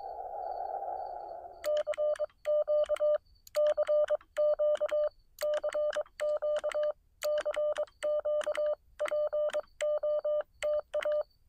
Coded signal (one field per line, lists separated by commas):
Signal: Morse code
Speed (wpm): 21 wpm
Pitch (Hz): 600 Hz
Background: none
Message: CQ CQ CQ CQ POTA